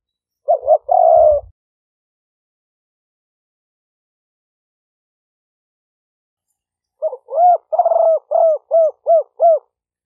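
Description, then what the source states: Spotted dove coo phrase at the start, then after a long silence a quick series of short arched hooting notes; faint low thuds early on. Call style named '5 hậu' in Vietnamese.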